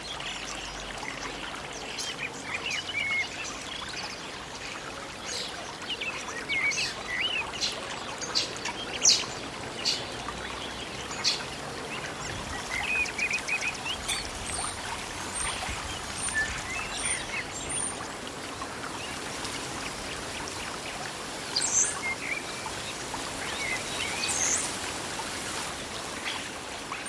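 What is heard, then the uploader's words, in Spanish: Running water flows steadily through a deep forest, a dense, even rush that fills the whole 27 seconds. Short bright bird calls and chirps break through now and then, clustering around nine, sixteen to eighteen, and twenty-two seconds, with soft rustling beneath. Baño de bosque | Bosque profundo - Agua corriente, hojas y aves.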